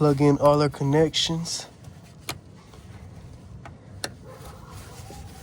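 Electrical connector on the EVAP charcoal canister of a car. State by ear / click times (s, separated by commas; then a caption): seated / 4.0 s. An electrical connector on the EVAP charcoal canister of a 2000-05 Toyota RAV4 is plugged back into its mating plastic connector after the canister is installed. Someone talks at the start, then there is a faint tick at 3.7 s and a sharp click at 4.0 s as the connector seats.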